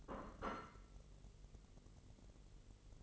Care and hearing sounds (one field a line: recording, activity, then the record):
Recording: daily activity, microphone in the room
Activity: place plate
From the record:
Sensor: 4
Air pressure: 1002.9 hPa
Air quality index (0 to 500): 248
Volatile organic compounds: 20 ppm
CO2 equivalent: 2690 ppm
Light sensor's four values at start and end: 5/12/4/5 and 5/12/4/5